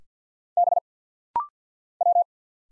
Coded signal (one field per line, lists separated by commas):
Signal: Morse code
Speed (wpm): 50 wpm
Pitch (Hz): 700 Hz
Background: none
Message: B W